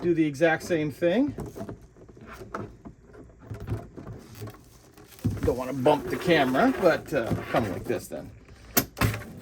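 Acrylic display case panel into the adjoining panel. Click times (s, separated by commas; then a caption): 9.0 s. Someone talks while an acrylic Store and Stack display case panel is pushed against the adjoining panel, with a few faint taps and handling sounds along the way. A sharp plastic snap at 9.0 s marks the panel snapping into place, and it is confirmed seated.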